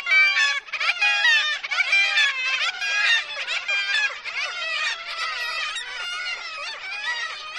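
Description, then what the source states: Black-legged Kittiwake calls, dense colony chorus of loud, nasal, wavering cries, many birds overlapping throughout. Colony near Dunbar Harbour, Scotland, breeding season, nests in an old stone wall; calls exchanged between paired parents of chicks, for communication and socialization.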